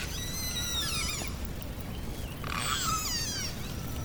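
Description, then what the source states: Orca calls: sweeping, descending tones with many harmonics, then a second burst of overlapping calls, over underwater hiss. A pod of orcas hunting underwater, using echolocation pulses and contact calls.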